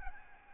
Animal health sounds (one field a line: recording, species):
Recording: mosquito wingbeat signal from an infrared sensor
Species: Aedes albopictus